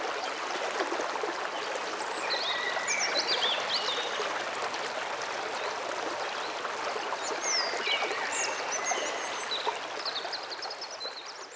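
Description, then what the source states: European robin song, thin high warbled phrases and trills rising and falling, partly masked by the steady rushing of a stream. Robin heard beside a river.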